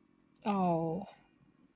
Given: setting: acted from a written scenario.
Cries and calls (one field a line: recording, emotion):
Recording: vocal sound without words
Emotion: guilt